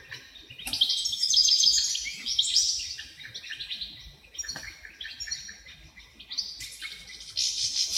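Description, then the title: Wrens giving high chirps and reeling trills in uneven bursts, loud early, quieter in the middle, then rising again near the end. Dozens of wrens in a home's backyard at Dover, southern Tasmania. "Nature Sounds Tasmania - Dover Wrens"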